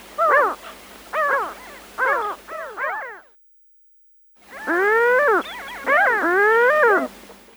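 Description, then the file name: Mediterranean gull calls: a series of rising-falling notes repeated about once a second, a brief silence, then longer drawn-out wailing calls. "CHajka chernogolovaja"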